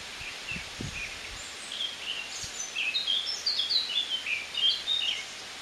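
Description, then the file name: Eurasian blackcap singing a soft twittering warble that builds into louder, clear whistled notes; a few low thumps are heard early on. "Sylvia atricapilla"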